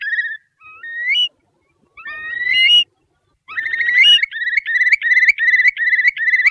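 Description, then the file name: Curlew giving rising whistled calls in short bursts, then breaking into a fast bubbling trill of repeated, slurred notes from about halfway through. "CHIURLI"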